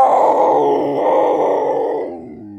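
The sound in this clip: Leopard giving a deep, rough grunting call that holds steady for about two seconds, then fades away.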